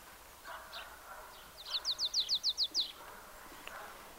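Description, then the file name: Marsh tit delivering a single short run of about eight fast, sharp high notes against a steady background hiss and faint lower calls. "Poecile palustris"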